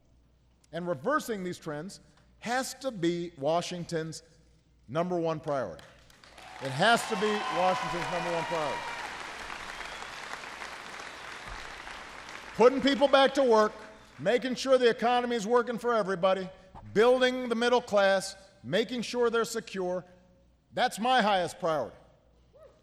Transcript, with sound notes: And reversing these trends has to be Washington’s number one priority. (Applause.) It has to be Washington's number one priority. (Applause.)
Putting people back to work, making sure the economy is working for everybody, building the middle class, making sure they're secure -- that's my highest priority.